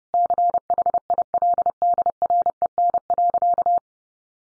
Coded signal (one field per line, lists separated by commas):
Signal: Morse code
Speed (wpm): 30 wpm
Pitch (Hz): 700 Hz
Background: none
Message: CHILDREN.